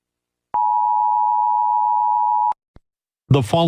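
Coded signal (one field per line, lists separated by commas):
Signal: Emergency Alert System (SAME) tones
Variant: 853 and 960 Hz attention tone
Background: speech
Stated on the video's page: Self-made simulated alarm.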